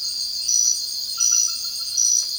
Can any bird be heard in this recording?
no